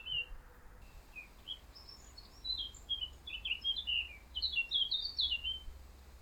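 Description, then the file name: Eurasian blackcap in a fast, scratchy warble of high notes, building into denser twittering toward the end, over steady low background noise. "Sylvia atricapilla"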